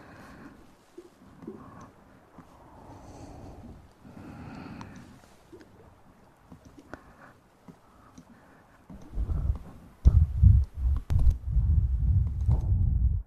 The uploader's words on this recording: Mouth Sounds & Breathing.